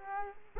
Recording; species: mosquito wingbeat signal from an infrared sensor; Culex quinquefasciatus